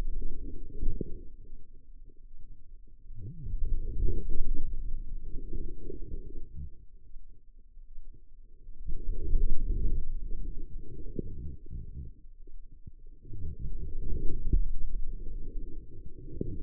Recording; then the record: forearm muscle sounds (acoustic myography)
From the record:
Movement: outward rotation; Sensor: system 2, bracelet of six BSWA MPA416 microphones around the upper forearm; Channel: 5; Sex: female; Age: 25 years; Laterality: right